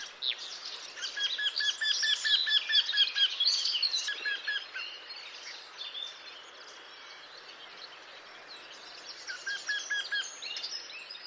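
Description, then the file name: Eurasian wryneck with a rhythmic string of repeated notes early on and a shorter burst later, amid a dense background of songbird twittering. "Torcol"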